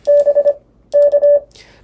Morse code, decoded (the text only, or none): BK